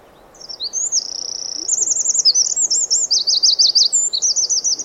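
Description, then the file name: Eurasian wren song, a fast high-pitched outpouring of trills and rattling notes, including a sustained even note, continuing for over four seconds. "Troglodytes troglodytes"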